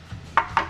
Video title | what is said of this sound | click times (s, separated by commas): STRIPPED & REBUILT My Wife's Dream SPRINTER OVERLANDER - 1,600 Mile Florida Test Run | and it's got another lock here and it locks in place. | 0.4 s, 0.6 s